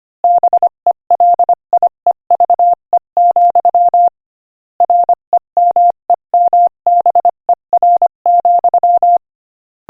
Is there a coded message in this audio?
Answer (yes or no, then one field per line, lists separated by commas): yes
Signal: Morse code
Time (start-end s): 0.2-9.2 s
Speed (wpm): 25 wpm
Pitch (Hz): 700 Hz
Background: none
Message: BELIEVE, REMEMBER,